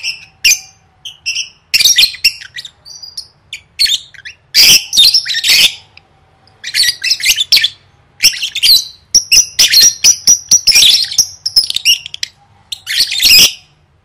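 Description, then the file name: Lovebird chattering at length: grating squawks, clicks and sustained whistled notes in dense bursts broken by brief pauses. "tieng vet mau don"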